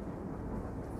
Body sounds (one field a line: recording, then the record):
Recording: background sound without coughing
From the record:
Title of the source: Train Ride Ambience ambient white noise for sleeping, focus, studying, reading